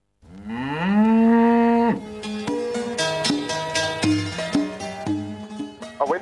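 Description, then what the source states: Cattle mooing: one long, low moo rises briefly, then holds steady for almost two seconds, followed by several shorter calls. Cows in rural Cambodia.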